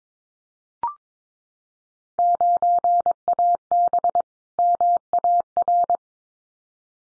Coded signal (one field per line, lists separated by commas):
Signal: Morse code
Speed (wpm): 22 wpm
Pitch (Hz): 700 Hz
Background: none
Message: 9AB MAR